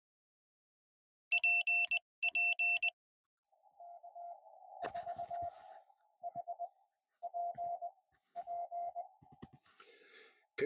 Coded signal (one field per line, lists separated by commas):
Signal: Morse code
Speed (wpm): 22 wpm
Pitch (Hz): 690 Hz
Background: none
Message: PP K4HPP